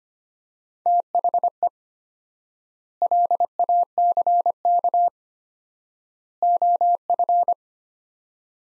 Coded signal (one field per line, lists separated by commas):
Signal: Morse code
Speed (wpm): 25 wpm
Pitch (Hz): 700 Hz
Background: none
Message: THE LACK OF